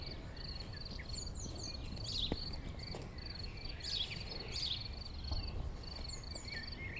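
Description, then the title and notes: Crickets chirping in a steady run of short pulsed bursts, while birds call and whistle above, with low background rumble. Crickets in a pasture near Chindrieux, France; birds calling near and far. "195 Rue de Vars, 73310 Chindrieux, France - Jument enrhumée. Deux juments dans un pâturage , grillons, oiseaux proches et lointains"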